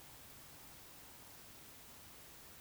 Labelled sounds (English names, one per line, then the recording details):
Eurasian Woodcock whistle
Eurasian Woodcock croak
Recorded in Baden-Württemberg, Germany, on 19 June 2020 at 20:04 UTC
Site 49006, 684 m above sea level